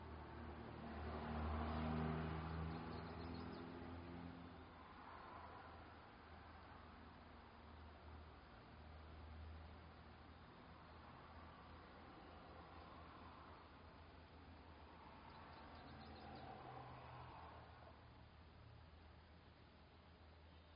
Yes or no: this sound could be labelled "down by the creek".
no